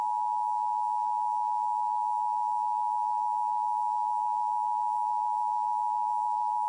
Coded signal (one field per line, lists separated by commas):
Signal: Emergency Alert System (SAME) tones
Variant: 853 and 960 Hz attention tone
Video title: Mountain and Pacific IPAWS Weeklies (EAS #19525-19533) 6/17/24